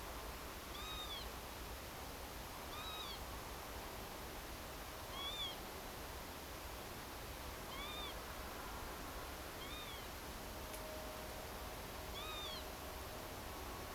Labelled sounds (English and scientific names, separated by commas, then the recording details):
Northern Lapwing (Vanellus vanellus), unidentified sound
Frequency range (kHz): Northern Lapwing (Vanellus vanellus) 1.0-7.7 kHz
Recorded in France